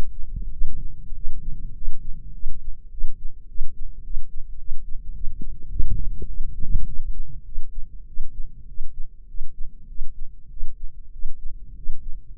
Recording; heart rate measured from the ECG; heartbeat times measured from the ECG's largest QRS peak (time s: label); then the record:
heart sounds by microphone in the left ear; 101 bpm
0.50 s: heartbeat
1.13 s: heartbeat
1.73 s: heartbeat
2.32 s: heartbeat
2.90 s: heartbeat
3.47 s: heartbeat
4.03 s: heartbeat
4.58 s: heartbeat
5.13 s: heartbeat
5.69 s: heartbeat
6.27 s: heartbeat
6.86 s: heartbeat
7.44 s: heartbeat
8.06 s: heartbeat
8.67 s: heartbeat
9.27 s: heartbeat
9.87 s: heartbeat
10.49 s: heartbeat
11.11 s: heartbeat
11.75 s: heartbeat
12.36 s: heartbeat
From the record:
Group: healthy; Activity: cold pressor test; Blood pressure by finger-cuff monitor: 170/126 mmHg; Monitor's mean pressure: 143 mmHg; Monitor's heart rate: 97 bpm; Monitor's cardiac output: 7.6 L/min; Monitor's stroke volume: 77 mL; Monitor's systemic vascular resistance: 1490 dyn s/cm5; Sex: male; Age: 23 years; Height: 179 cm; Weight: 87 kg